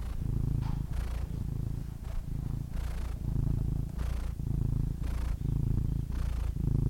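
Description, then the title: Domestic cat purring in a low rumble that surges with each breath. Compilation of domestic cats, from kittens to old cats. "The Ultimate Compilation of Adorable Cat Meows 🐱😺 #CatMeows #CuteKittens"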